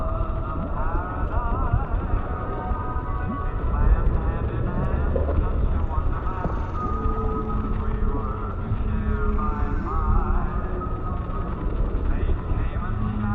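Muffled oldies music plays as if underwater, with wavering sustained notes over a constant low rumble and no clear treble throughout.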